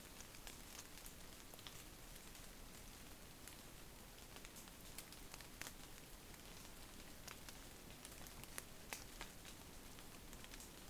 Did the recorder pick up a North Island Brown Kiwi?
no